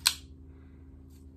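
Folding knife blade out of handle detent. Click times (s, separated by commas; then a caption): 0.1 s. A folding knife with a ball-bearing pivot, liner lock and no spring assist has its blade pushed until the ball detent releases with a sharp, bright click at 0.1 s. The blade then swings open smoothly and quietly, leaving only a low steady background hum and a faint high hiss near 1.1 s.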